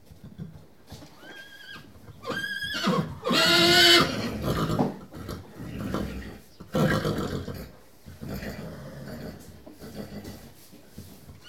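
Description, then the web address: Horse calls: short high squeals, then a loud shaking whinny, followed by snorting breaths and shuffling sounds. "The BBC Sound Effects Library Horses"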